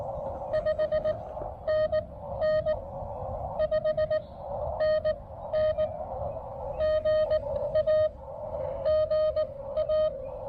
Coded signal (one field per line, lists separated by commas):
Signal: Morse code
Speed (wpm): 18 wpm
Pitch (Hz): 590 Hz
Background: none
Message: 5NN 5NN GA GA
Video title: Join Brooks on his First CW POTA Activation!